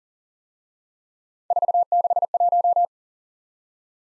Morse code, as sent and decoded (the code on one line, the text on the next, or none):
....- -.... .----
461